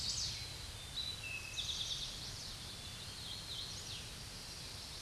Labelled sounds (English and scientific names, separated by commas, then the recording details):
Eastern Towhee (Pipilo erythrophthalmus) song
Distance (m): 45 m
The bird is about level with the microphone
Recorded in a Pennsylvania forest on 16 May 2024 at 09:33
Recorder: AudioMoth, point MSD-1338
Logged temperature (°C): 12.6 °C
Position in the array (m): 95 m, -2 m